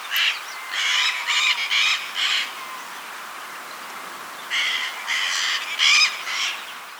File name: canto da aratinga de testa azul